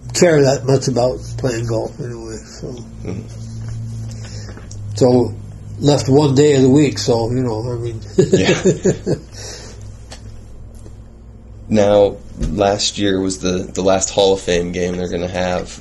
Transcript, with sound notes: care that much about playing golf. So, it left one day of the week, you know, I mean [laughing]
Yeah. Now, last year was the last Hall of Fame Game they're going to have.